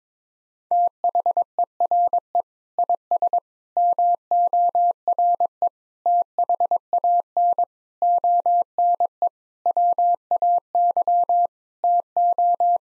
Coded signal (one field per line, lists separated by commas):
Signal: Morse code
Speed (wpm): 22 wpm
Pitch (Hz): 700 Hz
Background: none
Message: THERE IS MORE THAN ONE WAY TO